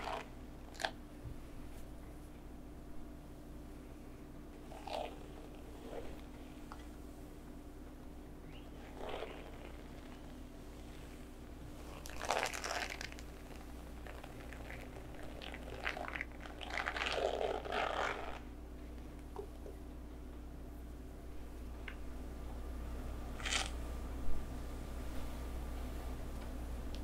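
Hair play with back scratching and massage, set against a steady low hum that runs throughout. Soft scratchy strokes and brushing come in short bursts, clustering around the middle, with a few sharper taps and clicks scattered across the recording.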